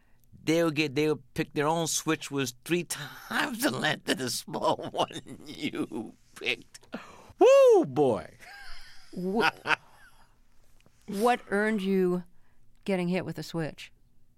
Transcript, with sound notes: they'll get - they'll pick their own switch - was three times the length of the small one you picked. Oh, boy (laughter)
What earned you getting hit with a switch?